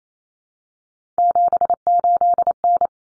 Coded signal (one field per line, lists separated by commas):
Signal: Morse code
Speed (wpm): 28 wpm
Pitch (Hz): 700 Hz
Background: none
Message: 78N